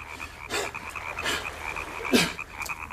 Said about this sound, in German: Ich hatte schon einmal ein solches Husten gehört. Von einem Mann, der bei Verdun Gas abgekriegt hatte.